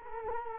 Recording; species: mosquito wingbeat signal from an infrared sensor; Culex quinquefasciatus